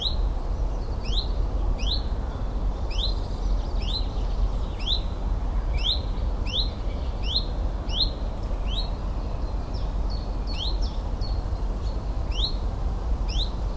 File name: Common Chiffchaff , Zilp Zalp